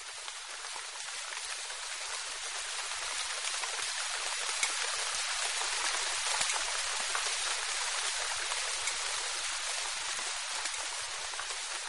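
Steady rain falls without a break, a dense hiss of drops spread evenly across the highs with faint low rumbles underneath and no voices.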